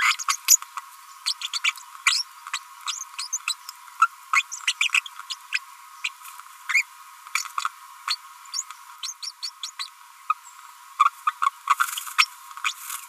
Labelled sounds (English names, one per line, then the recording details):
Green-rumped Parrotlet babbling
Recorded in a nest box in Venezuela
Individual 18B25A5